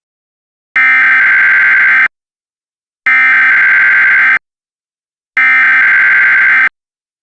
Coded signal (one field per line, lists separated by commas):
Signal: Emergency Alert System (SAME) tones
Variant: header bursts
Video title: EAS Scenario #1 - The Moon Is Falling